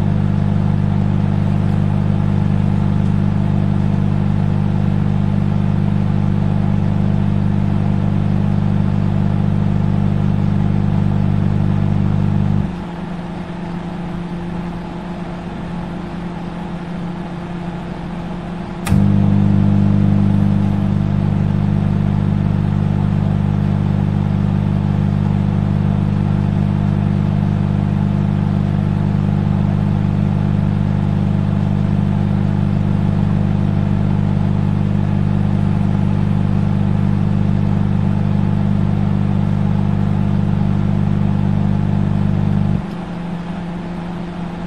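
A microwave oven runs with a steady low hum, briefly dropping quieter around thirteen seconds, then resuming after a click near nineteen seconds.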